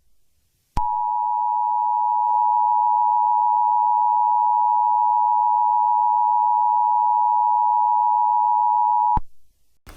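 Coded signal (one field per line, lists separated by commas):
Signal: Emergency Alert System (SAME) tones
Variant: 853 and 960 Hz attention tone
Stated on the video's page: Fictional EAS scenario, not a real alert.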